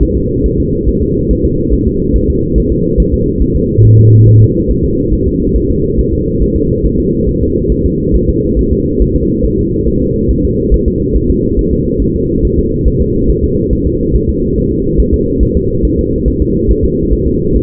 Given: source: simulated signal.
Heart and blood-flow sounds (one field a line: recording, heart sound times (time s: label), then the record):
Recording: fetal heart sounds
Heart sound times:
0.03 s: S1
0.17 s: S2
0.46 s: S1
0.60 s: S2
0.89 s: S1
1.03 s: S2
1.31 s: S1
1.45 s: S2
1.74 s: S1
1.88 s: S2
2.16 s: S1
2.30 s: S2
2.58 s: S1
2.72 s: S2
3.00 s: S1
3.14 s: S2
3.42 s: S1
3.56 s: S2
3.85 s: S1
3.99 s: S2
4.28 s: S1
4.42 s: S2
4.70 s: S1
4.84 s: S2
5.13 s: S1
5.28 s: S2
5.56 s: S1
5.71 s: S2
5.99 s: S1
6.14 s: S2
6.42 s: S1
6.56 s: S2
6.86 s: S1
7.00 s: S2
7.29 s: S1
7.43 s: S2
7.72 s: S1
7.86 s: S2
8.15 s: S1
8.30 s: S2
8.59 s: S1
8.73 s: S2
9.02 s: S1
9.16 s: S2
9.45 s: S1
9.59 s: S2
9.88 s: S1
10.02 s: S2
10.31 s: S1
10.45 s: S2
10.74 s: S1
10.88 s: S2
11.16 s: S1
11.30 s: S2
11.59 s: S1
11.73 s: S2
12.02 s: S1
12.16 s: S2
12.45 s: S1
12.59 s: S2
12.88 s: S1
13.02 s: S2
13.30 s: S1
13.44 s: S2
13.73 s: S1
13.87 s: S2
14.16 s: S1
14.30 s: S2
14.58 s: S1
14.72 s: S2
15.00 s: S1
15.14 s: S2
15.43 s: S1
15.57 s: S2
15.85 s: S1
15.99 s: S2
16.28 s: S1
16.42 s: S2
16.71 s: S1
16.85 s: S2
17.13 s: S1
17.28 s: S2
17.56 s: S1
From the record:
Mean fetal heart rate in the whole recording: 140 bpm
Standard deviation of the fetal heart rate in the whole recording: 2 bpm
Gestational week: 34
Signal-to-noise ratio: -10.2 dB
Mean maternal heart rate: 72 bpm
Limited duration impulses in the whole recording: present